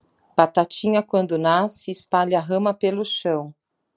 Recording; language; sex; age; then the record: short text; Brazilian Portuguese; female; 40 to 49 years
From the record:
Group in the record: control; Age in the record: 44 years